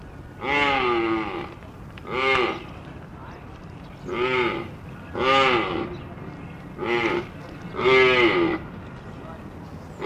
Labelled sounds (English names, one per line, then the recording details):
Red Deer call
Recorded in captivity
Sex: diverse
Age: adult
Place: Zoo Halle, Sachsen-Anhalt, DE
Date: 1965-10-23
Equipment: Telefunken Magnetophon 300, Transistorverstärker 2, Sennheiser MD 421, Kopie Smaragd
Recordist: Tembrock, Günter